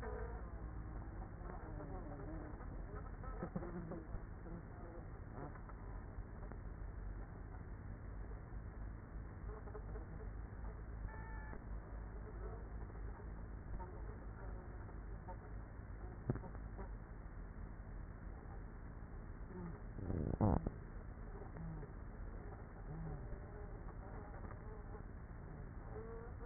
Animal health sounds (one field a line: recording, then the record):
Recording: honeybee colony, microphone inside the hive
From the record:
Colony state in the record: queenless with a low population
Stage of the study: after two queens were removed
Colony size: about 30,000 bees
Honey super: no